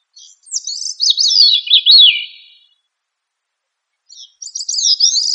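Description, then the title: One long thrush phrase of quick warbling notes drifting lower, then silence, then the start of another bright phrase. "Familia Turdidae - Sabia"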